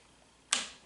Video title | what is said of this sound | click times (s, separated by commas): MMC Reformatted Mnemo and Motif (Chromedome and Rewind) ll Figure Review Ep. 33 | head reveal it'll pop into place like so | 0.5 s